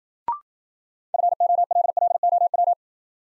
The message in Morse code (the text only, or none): FOLLOW